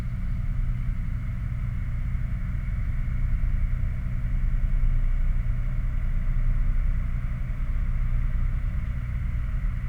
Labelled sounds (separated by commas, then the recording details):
machinery, flare stack
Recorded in the Prudhoe Bay oil fields, Alaska, on 11 August 2019 at 22:18
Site 29